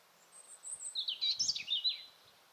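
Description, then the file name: European robin: songbird giving a brief high phrase: a thin sustained whistle followed by a quick, rich jumble of warbled notes, then quiet. "Erithacus rubecula"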